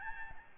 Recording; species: mosquito wingbeat signal from an infrared sensor; Aedes albopictus